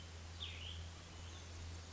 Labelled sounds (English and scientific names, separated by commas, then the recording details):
Cassin's Vireo (Vireo cassinii)
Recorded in Sonoma County, California